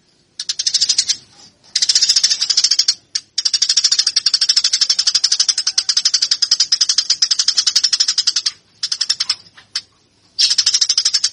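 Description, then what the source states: Eurasian tree sparrow giving harsh, rapid chattering rattles in long bursts, broken by several brief pauses. Fighting call; master track used for training birds.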